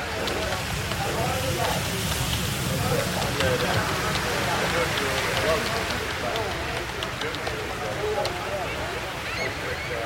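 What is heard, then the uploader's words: A busy seaside cafe with a steady murmur of overlapping voices, clinking cups and light clatter, over a soft, constant wash of waves. Seaside Coffee Shop Ambience: Cafe & Ocean Waves Sounds. The sound of waves and gentle chatter.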